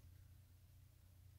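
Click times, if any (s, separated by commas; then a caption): none. A tool presses down the spring bar of a genuine factory stainless steel bracelet for a Casio Duro watch and pushes it toward a micro-adjustment hole in the stainless steel clasp. Only a steady low hum and faint background noise are heard, with no distinct sounds. Nothing has seated or clicked yet.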